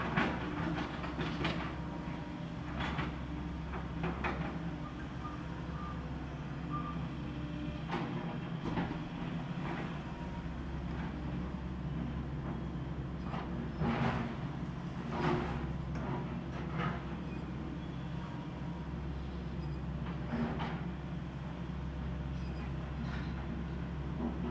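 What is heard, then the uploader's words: Demolition work with a heavy machine engine droning low and steady throughout. Sharp knocks and crunching clatters break out irregularly, clustering around the middle, with a brief beeping tone now and then over the rumble. Demolition. Recorded from the driveway of the Tintinabulary.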